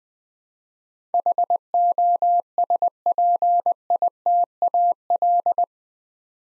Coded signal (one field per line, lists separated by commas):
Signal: Morse code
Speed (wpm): 20 wpm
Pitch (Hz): 700 Hz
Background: none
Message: HOSPITAL